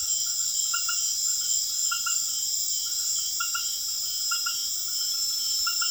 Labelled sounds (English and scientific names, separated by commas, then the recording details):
none
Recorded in secondary vegetation near Puerto Asís, Putumayo, Colombia, on 23 June 2025 at 20:00
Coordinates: 0.500, -76.326
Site GP08